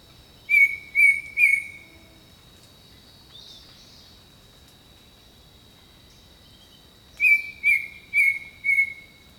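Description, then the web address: Bird whistles three flat notes, falls silent for several seconds amid droning insects, then repeats the phrase as four evenly spaced whistles. Jungle birdsong. "The Natural Sounds of the Wilderness 10 CDs collection Echoes of Nature - Jungle Talk 01 Jungle Birdsong"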